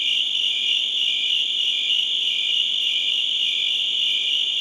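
Cricket chorus: overlapping high trills ring without pause, while a lower chirp repeats in short pulses.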